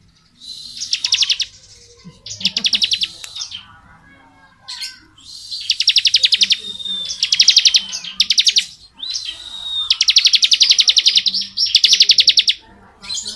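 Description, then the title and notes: Bar-winged prinia singing repeated rapid buzzy trills, some led by a thin drawn-out whistle, with quiet twitters between bursts. Bar-winged prinia singing in the 'ngebren' style; recording used as training (masteran) audio for white-rumped shamas (murai batu). "Ciblek Ngebren Untuk Masteran Murai Batu. Suara burung ciblek - Suara Nada"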